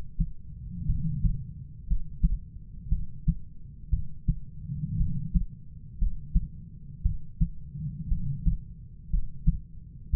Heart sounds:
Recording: heart sounds by stethoscope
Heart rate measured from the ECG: 58 bpm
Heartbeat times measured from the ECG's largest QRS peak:
0.86 s: heartbeat
1.87 s: heartbeat
2.89 s: heartbeat
3.90 s: heartbeat
4.97 s: heartbeat
5.98 s: heartbeat
7.02 s: heartbeat
8.08 s: heartbeat
9.10 s: heartbeat
10.10 s: heartbeat
From the record:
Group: healthy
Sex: female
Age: 37 years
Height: 168 cm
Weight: 70 kg

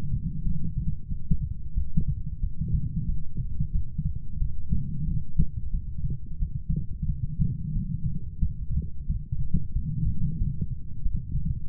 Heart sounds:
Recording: heart sounds by stethoscope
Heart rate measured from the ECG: 91 bpm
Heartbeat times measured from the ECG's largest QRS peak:
0.43 s: heartbeat
1.08 s: heartbeat
1.74 s: heartbeat
2.40 s: heartbeat
3.06 s: heartbeat
3.72 s: heartbeat
4.39 s: heartbeat
5.05 s: heartbeat
5.71 s: heartbeat
6.39 s: heartbeat
7.06 s: heartbeat
7.73 s: heartbeat
8.39 s: heartbeat
9.06 s: heartbeat
9.73 s: heartbeat
10.38 s: heartbeat
11.02 s: heartbeat
11.66 s: heartbeat
From the record:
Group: healthy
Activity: light exercise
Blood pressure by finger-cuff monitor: 112/77 mmHg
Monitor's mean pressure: 88 mmHg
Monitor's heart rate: 91 bpm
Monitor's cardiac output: 6.8 L/min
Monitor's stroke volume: 75 mL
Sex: female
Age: 32 years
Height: 172 cm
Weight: 71.7 kg

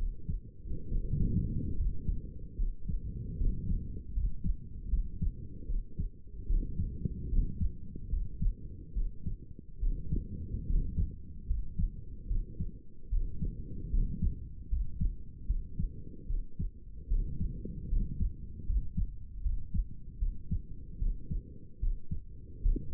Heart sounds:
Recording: heart sounds by stethoscope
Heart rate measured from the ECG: 75 bpm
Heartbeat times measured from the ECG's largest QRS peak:
0.88 s: heartbeat
1.76 s: heartbeat
2.56 s: heartbeat
3.38 s: heartbeat
4.14 s: heartbeat
4.90 s: heartbeat
5.67 s: heartbeat
6.47 s: heartbeat
7.30 s: heartbeat
8.10 s: heartbeat
8.94 s: heartbeat
9.80 s: heartbeat
10.66 s: heartbeat
11.47 s: heartbeat
12.28 s: heartbeat
13.09 s: heartbeat
13.91 s: heartbeat
14.69 s: heartbeat
15.47 s: heartbeat
16.27 s: heartbeat
17.09 s: heartbeat
17.89 s: heartbeat
18.66 s: heartbeat
19.42 s: heartbeat
20.19 s: heartbeat
20.99 s: heartbeat
21.80 s: heartbeat
22.62 s: heartbeat
From the record:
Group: healthy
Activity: rest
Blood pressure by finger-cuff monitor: 101/67 mmHg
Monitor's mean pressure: 76 mmHg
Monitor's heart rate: 75 bpm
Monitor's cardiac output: 6.3 L/min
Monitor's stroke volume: 84 mL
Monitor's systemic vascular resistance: 880 dyn s/cm5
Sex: male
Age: 35 years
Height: 180 cm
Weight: 86.9 kg

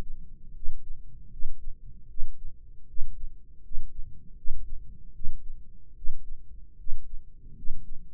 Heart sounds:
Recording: heart sounds by microphone in the right ear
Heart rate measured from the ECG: 77 bpm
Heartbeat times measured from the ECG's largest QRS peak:
0.53 s: heartbeat
1.29 s: heartbeat
2.07 s: heartbeat
2.86 s: heartbeat
3.61 s: heartbeat
4.35 s: heartbeat
5.12 s: heartbeat
5.94 s: heartbeat
6.76 s: heartbeat
7.54 s: heartbeat
From the record:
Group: healthy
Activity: rest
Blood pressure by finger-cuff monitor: 133/80 mmHg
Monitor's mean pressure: 96 mmHg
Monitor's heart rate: 77 bpm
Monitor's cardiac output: 6.4 L/min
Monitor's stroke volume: 83 mL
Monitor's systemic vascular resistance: 1110 dyn s/cm5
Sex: male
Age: 21 years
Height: 180 cm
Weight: 67.5 kg

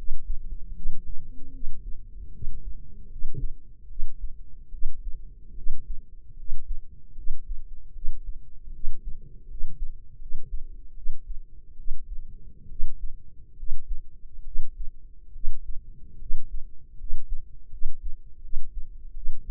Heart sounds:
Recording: heart sounds by microphone in the left ear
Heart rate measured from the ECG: 75 bpm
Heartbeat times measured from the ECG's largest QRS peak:
0.70 s: heartbeat
1.49 s: heartbeat
2.29 s: heartbeat
3.06 s: heartbeat
3.85 s: heartbeat
4.68 s: heartbeat
5.52 s: heartbeat
6.33 s: heartbeat
7.12 s: heartbeat
7.90 s: heartbeat
8.69 s: heartbeat
9.45 s: heartbeat
10.16 s: heartbeat
10.92 s: heartbeat
11.73 s: heartbeat
12.65 s: heartbeat
13.53 s: heartbeat
14.41 s: heartbeat
15.30 s: heartbeat
16.16 s: heartbeat
16.94 s: heartbeat
17.68 s: heartbeat
18.39 s: heartbeat
19.11 s: heartbeat
From the record:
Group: healthy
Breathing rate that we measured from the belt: 17 breaths a minute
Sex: female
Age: 23 years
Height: 160 cm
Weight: 50.4 kg

